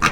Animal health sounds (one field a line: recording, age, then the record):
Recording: pig call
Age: piglet (1 to 25 days)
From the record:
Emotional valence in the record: positive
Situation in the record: reunion after long isolation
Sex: female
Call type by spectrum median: low-frequency call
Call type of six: low-frequency tonal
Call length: 0.12 s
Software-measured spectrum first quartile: 980 Hz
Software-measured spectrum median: 1528 Hz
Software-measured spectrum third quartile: 2626 Hz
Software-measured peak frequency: 1203 Hz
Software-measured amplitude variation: 153 dB a second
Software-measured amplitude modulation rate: 4.3 a second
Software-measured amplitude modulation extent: 35.7 dB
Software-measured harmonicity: 0.8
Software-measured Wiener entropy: -1.33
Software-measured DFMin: 788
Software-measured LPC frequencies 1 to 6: 1235, 2518, 3883, 5958, 7151, 8479 Hz